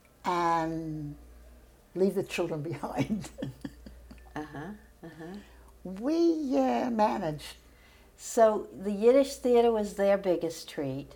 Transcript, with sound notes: and leave the children behind. [laughs]
Uh-huh, uh-huh.
We managed.
So the Yiddish theater was their biggest treat.